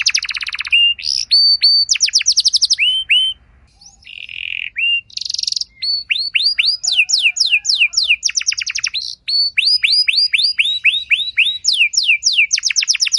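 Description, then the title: Canary song: fast trills of rapid downward-sweeping notes, broken by brief buzzy tones and a short pause near four seconds. Belgian canary song, played to stir other canaries into singing; described as long, richly varied song with ornate phrases. "Canto Para Esquentar Canário Belga. Suara Burung Kenari Lagu dan Cengkok Mewah Buat Kenari Lain Bakal Langsung Nyaut Gacor Panjang"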